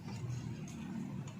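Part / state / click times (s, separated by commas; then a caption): wiring harness connector into engine sensor socket / not seated / none. During a car tune-up, a wiring harness connector is being handled to plug back into its plastic mating connector on an engine sensor socket. A steady low rumble runs throughout, with two brief, faint higher-pitched ticks at about 0.7 s and 1.3 s. Nothing has seated or clicked yet.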